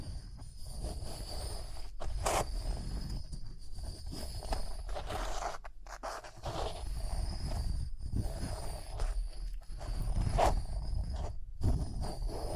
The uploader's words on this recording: ASMR Relaxing Rhinestone Tapping, Scratching, Brushing (No Talking).